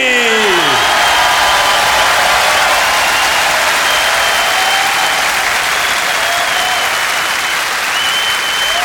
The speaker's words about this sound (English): To present to you the founder of the Harlem Gospel Choir. Give him an enormous applause, the one and only, the magnificent